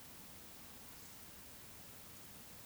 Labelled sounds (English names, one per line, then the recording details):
Eurasian Woodcock whistle
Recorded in Baden-Württemberg, Germany, on 2 June 2020 at 20:05 UTC
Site 46190, 1214 m above sea level